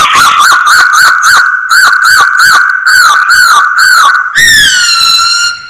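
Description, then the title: Masked laughingthrush song: a rapid, steady run of short, bouncing notes, ending in a longer, falling, drawn-out note. Singing actively (gacor). "Kicau Burung Poksay Hongkong Gacor"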